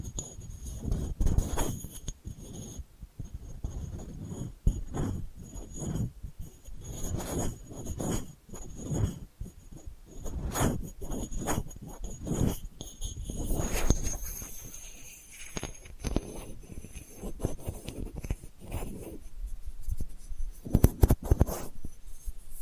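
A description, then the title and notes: Delicate scratching in short, irregular bursts that come and go throughout, with faint steady high-pitched tones running behind. ASMR Delicate Scratching for Sleep (No Talking).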